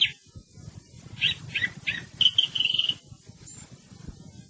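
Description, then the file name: Thrush singing a short phrase of three chirps followed by a sustained, slightly trilled whistle, with low background rumble. "TORDO"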